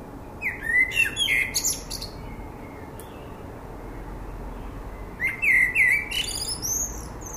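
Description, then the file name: Common blackbird giving two song phrases a few seconds apart, each a liquid, mellow warble capped by sharp, high squeaky notes. "Turdus merula"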